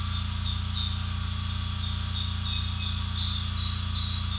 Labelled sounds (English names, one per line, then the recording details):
none
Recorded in secondary vegetation near Puerto Asís, Putumayo, Colombia, on 18 December 2024 at 22:00
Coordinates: 0.485, -76.322
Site GP08